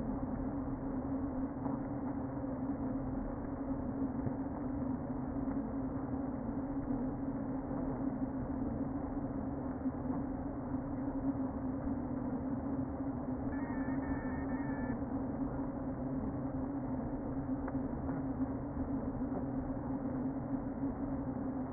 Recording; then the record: honeybee colony, microphone inside the hive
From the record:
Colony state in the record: queen present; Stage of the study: before two queens were removed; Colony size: about 60,000 bees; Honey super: yes